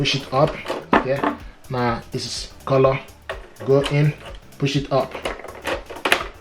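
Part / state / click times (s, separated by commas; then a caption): color ink cartridge into inkjet printer carriage / seated / 6.1 s. A color ink cartridge is pushed into the carriage of an HP Deskjet 3700-series inkjet printer and up until it locks, while someone talks. Sharp clicks at 6.1 s and 6.1 s mark the cartridge snapping home and seating.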